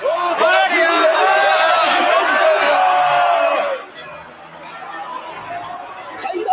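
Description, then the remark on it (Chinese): A loud crowd of spectators roars and cheers with overlapping shouts and whoops for several seconds, then drops to a murmur of chatter before swelling slightly again, as the audience starts supporting the Bai Hua Fist side in the City Hunter cartoon. “形势有变啊！观众开始支持白华拳喎。”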